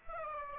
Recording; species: mosquito wingbeat signal from an infrared sensor; Aedes aegypti